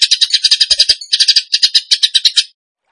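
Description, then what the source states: Bird song of clear, rapid chirping pulses in three quick runs, each note bright and high, ending in silence. Masteran (training recording) of a bird singing in the gacor tembakan song style.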